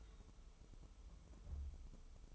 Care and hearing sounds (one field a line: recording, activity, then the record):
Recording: daily activity, microphone in the room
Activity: take from stove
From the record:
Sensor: 1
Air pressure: 988.3 hPa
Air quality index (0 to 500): 202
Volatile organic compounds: 1000 ppm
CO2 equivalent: 5406 ppm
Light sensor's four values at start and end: 27/98/37/39 and 26/98/37/39